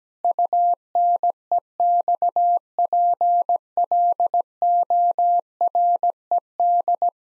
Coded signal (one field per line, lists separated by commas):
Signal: Morse code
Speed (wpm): 17 wpm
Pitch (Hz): 700 Hz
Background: none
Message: UNEXPLORED